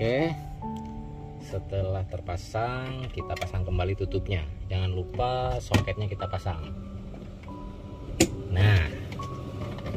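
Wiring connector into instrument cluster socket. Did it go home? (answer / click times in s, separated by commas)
yes / 8.2 s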